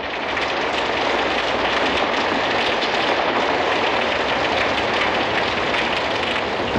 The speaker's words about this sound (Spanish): Y llovió más, y mucho más.